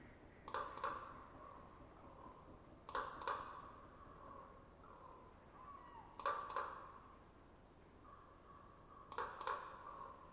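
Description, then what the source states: Common raven calling in quick double knocks, one pair roughly every three seconds, with faint notes between against low background hiss. Wonk and cluck calls.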